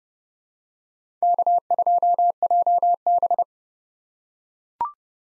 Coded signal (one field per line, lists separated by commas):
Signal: Morse code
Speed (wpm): 32 wpm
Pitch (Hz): 700 Hz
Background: none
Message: K2JB